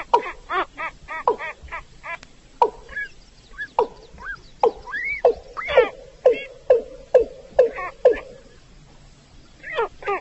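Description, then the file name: Chinese edible frog giving a series of harmonic croaking notes, quick at first, then a run of regular croaks roughly twice a second. Female call; Vietnamese name gà đồng. "Tieng ga dong mai chuan"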